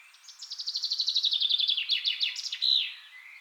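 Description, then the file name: Common Chaffinch sings one rapid, slightly descending trill of evenly repeated notes, then chunkier notes and a louder closing flourish. "Fringilla coelebs"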